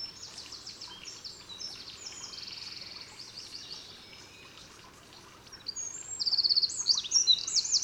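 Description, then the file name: Eurasian wren, several seconds of faint high trilling, then a loud, rapid, rattling trill near the end, with steady noise underneath. "Troglodytes troglodytes"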